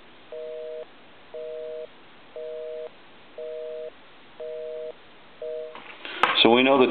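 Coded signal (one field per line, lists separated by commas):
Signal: telephone call progress tone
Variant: North America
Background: speech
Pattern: busy tone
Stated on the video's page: Tone heard on a Gulf-logo gas pump novelty telephone during final checkout after repair.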